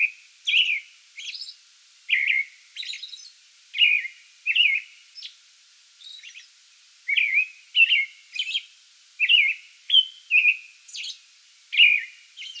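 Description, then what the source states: American robin caroling: rich slurred phrases with brief pauses between, and thin higher notes. Pre-dawn song bout, recorded 8 May 2022.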